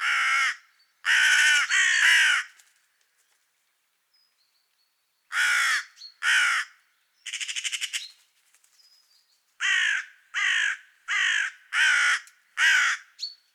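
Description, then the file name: Carrion crow repeating hoarse caws in bursts, a close group early and a pair, a rattled note midway, then a fast run of six caws. "Corvus corone"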